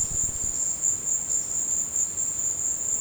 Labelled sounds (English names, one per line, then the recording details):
none
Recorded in dense forest near Puerto Asís, Putumayo, Colombia, on 22 December 2024 at 15:00
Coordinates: 0.466, -76.327
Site G075